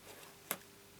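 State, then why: Seated. The magnetic flap of a handmade cardstock ribbon box, held by a small magnet at the back, is closed. It snaps shut with one sharp, loud click at 0.5 s against a quiet background, and the lid seats closed.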